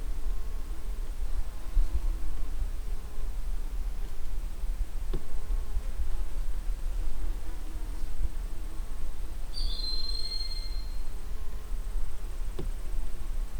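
Broad-winged hawk calling once late, a thin, high, drawn-out whistle that droops slightly, over a constant low rumble.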